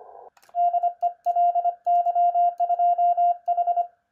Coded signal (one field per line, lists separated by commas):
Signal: Morse code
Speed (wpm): 25 wpm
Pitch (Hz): 700 Hz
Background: radio noise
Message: DE LY2H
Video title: SDR Minion by "QRPver" Review: SHODDY CW. But I found a Workaround!